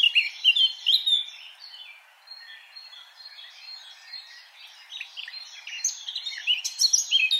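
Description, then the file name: Eurasian blackcap with bright chattering notes at the start, a quieter subdued warble in the middle, then louder scratchy phrases again toward the end. "Sylvia atricapilla"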